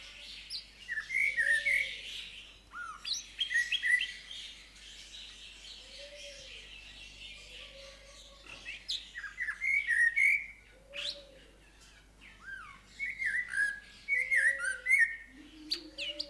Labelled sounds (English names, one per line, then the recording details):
Snowy-crowned Robin-Chat song
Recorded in captivity
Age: adult
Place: Zoo Berlin, Berlin, DE
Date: 1997-11-22 11:18
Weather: overcast, ca.1°C
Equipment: Nagra SN, Kopie Uher 4000 Report Monitor
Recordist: Tembrock, Günter